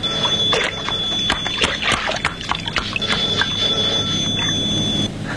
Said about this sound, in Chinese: 哎呀，哎呀，怎么没人听电话？